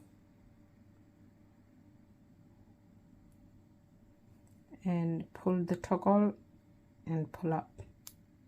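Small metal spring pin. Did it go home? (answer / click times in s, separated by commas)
yes / 8.1 s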